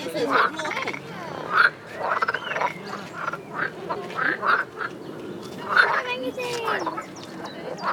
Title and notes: Amsterdamer Str. 52, Köln, Deutschland - 90s - Quackende Frösche. quacking frogs. Köln, Flora, Botanischer Garten, Teich, Frösche